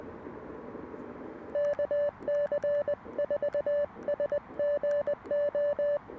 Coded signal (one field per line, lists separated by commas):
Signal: Morse code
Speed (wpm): 20 wpm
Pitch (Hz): 580 Hz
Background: none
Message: KC4SGO